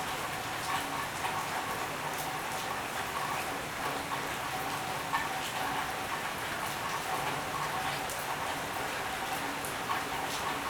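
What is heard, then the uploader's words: Steady, dense rain hisses throughout, an even wash with brief brighter splashes of drops hitting a surface every second or so. Faint low rumbling and short tonal chirps sit underneath, and the level stays constant across the whole stretch. Heavy storm ambience.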